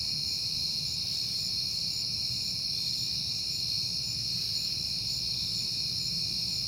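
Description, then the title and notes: Crickets produce a nonstop high chirping chorus while a low rumble runs underneath. At night in September, on a peaceful night. "Night Time: Crickets and Passing Cars. It is September and I have been hearing the crickets a lot"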